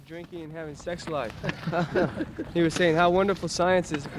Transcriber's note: laughter